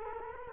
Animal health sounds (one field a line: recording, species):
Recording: mosquito wingbeat signal from an infrared sensor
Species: Culex quinquefasciatus